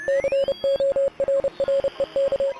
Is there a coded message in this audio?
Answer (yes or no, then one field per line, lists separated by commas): yes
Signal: Morse code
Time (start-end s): 0.1-2.5 s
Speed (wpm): 30 wpm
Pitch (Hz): 550 Hz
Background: music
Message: CORREK